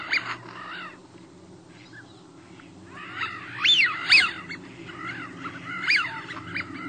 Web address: cotor. Eurasian Wigeon